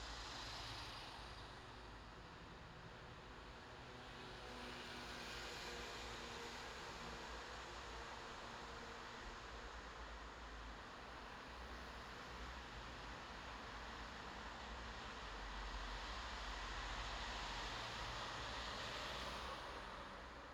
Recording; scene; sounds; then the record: everyday scene through a hearing-aid microphone; in traffic; traffic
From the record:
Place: bus stop on a city main road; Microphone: in the ear canal, left